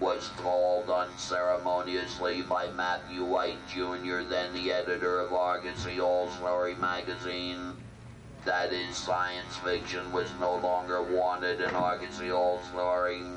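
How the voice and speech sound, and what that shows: An adult man reads continuously in a flat, buzzy, mechanical voice held at an almost fixed pitch, with a steady hum under the words and little natural rise and fall, a voice that sounds like it is from outer space. This is electrolarynx speech, voice produced by an external vibrating device.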